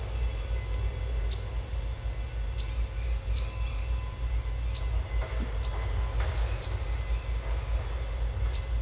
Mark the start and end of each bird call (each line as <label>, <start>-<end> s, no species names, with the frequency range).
bird call (4.0-6.2 kHz), 0.00-0.75 s
bird call (3.6-5.8 kHz), 1.27-1.43 s
bird call (3.5-6.1 kHz), 2.55-3.50 s
bird call (4.0-5.3 kHz), 4.69-5.06 s
bird call (3.8-6.1 kHz), 6.31-6.71 s
bird call (4.4-10.7 kHz), 7.06-7.43 s
bird call (3.8-5.9 kHz), 8.10-8.64 s